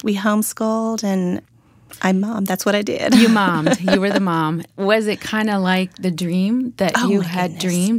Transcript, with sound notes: We homeschooled, and I mom’d. That’s what I did. (laughter)
You mom’d. You were the mom. Was it kind of like the dream that you had dreamed?